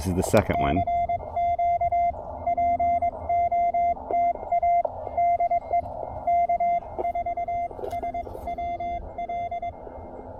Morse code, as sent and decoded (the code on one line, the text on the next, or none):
-.-. --.- .--. --- - .- -.. . / -.- ....- ... .-- .-..
CQPOTADE K4SWL